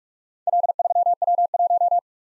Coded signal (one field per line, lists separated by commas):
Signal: Morse code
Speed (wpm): 44 wpm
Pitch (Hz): 700 Hz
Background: none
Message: L3W1